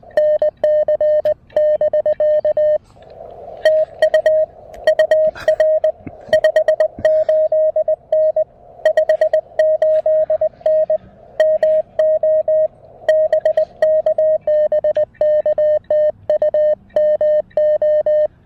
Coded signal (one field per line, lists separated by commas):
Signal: Morse code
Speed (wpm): 20 wpm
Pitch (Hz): 590 Hz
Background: radio noise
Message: NC <BK> TU UR 58N 58N MO BK BK TU MO